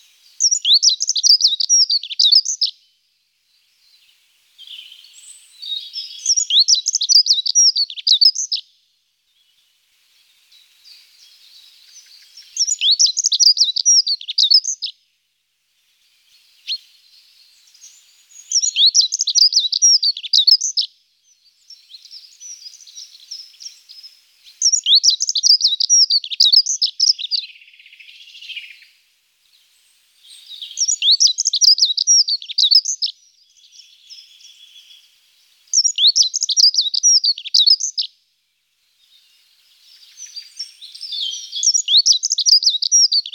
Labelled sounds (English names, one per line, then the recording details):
Dunnock song
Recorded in the wild
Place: St. Peter, Hochschwarzwald / Potsdamer Platz, Baden-Württemberg, DE
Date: 1993-04-09
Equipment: Dat-Recorder Casio DA 7, Telinga DAT, Telinga-Parabolspiegel
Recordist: Schwarz, Dieter